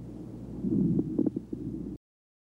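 Coarse crackles heard over an adult's lungs through a stethoscope.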